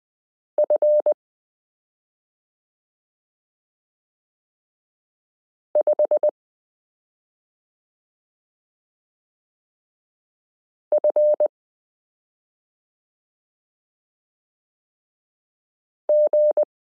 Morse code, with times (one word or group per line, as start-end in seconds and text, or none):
0.6-1.1 F
5.8-6.3 5
10.9-11.5 F
16.1-16.6 G